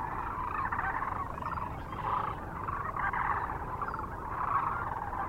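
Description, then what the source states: Sandhill Cranes in a dense, rolling chorus of overlapping rattling calls that swells and fades in waves about every one to two seconds. Recorded near Kearney, Nebraska, on 9 March 2004.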